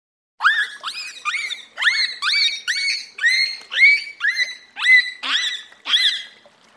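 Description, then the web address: Pilot whale calls, a long series of rising squealing whistles with harmonics, one after another. Constant high-pitched call. "pacific pilot whale constant high pitched call"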